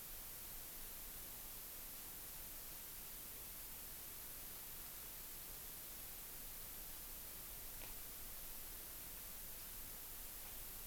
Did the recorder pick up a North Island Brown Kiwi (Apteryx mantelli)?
no